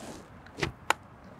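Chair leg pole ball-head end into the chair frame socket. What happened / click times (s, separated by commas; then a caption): A pole end snapped home into its socket / 0.9 s. A camp chair leg pole's ball-head end is pushed back into the chair frame socket. A small tick and a broader knock come first, then a sharp, bright click at 0.9 s as it snaps into place with a solid feel and seats.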